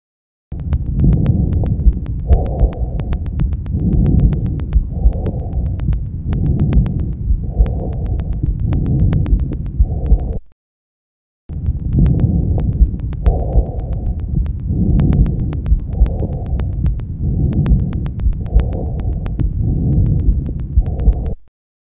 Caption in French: Le bruit trachéobronchique. C'est un bruit soufflant de haute tonalité. Il est entendu dans les zones de projection des grosses voies aériennes.